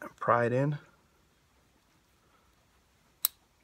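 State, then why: Seated. A steel circlip is pried with a small screwdriver into the wrist pin groove of a piston's pin bore while someone talks. After a quiet stretch, one short, bright snap at 3.2 s marks the circlip seating home in its groove.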